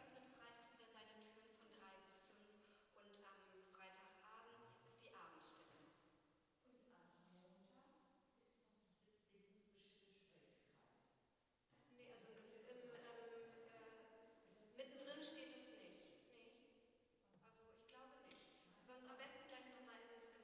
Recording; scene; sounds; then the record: everyday scene through a hearing-aid microphone; reverberant space; speech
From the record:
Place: church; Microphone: in the ear canal, left